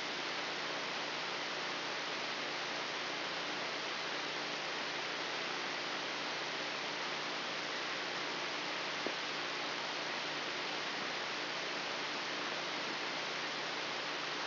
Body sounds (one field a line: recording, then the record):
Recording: brain microelectrode recording played as sound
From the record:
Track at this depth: inside the subthalamic nucleus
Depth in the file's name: 4.706 mm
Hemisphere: left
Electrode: 3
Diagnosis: Parkinson's disease